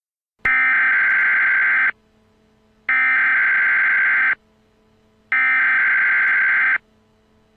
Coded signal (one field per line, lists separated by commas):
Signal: Emergency Alert System (SAME) tones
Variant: header bursts